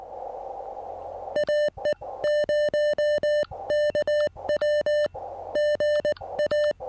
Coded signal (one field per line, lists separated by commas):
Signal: Morse code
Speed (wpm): 19 wpm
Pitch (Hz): 3000 Hz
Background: music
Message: AE0KW GA